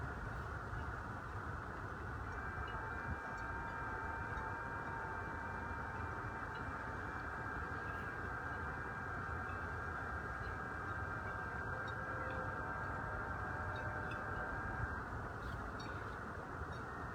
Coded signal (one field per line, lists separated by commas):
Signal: FT8